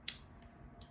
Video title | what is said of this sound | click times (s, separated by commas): Buck 112 Auto Elite knife 🇺🇸 | that clip that you just heard that lets you know that it's you know it's engaged | 0.1 s